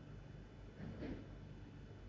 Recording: background sound without coughing